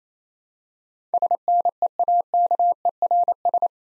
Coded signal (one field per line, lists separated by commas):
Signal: Morse code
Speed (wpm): 27 wpm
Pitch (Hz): 700 Hz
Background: none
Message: SNEAKERS